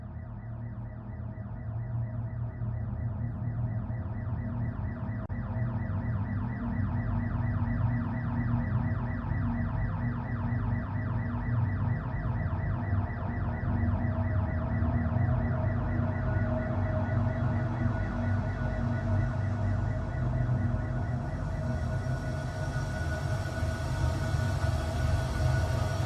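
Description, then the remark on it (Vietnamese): A loud electronic alarm siren, set off by a pressed alarm button, blares continuously, its steady, harsh tone pulsing rapidly without pause for the whole stretch, with no voices present. “Nhưng xui một cái trước lúc chết, có lẽ cô gái tội nghiệp kia đã kịp bấm chuông báo động, nên hắn đã nhanh chóng xả lưới.”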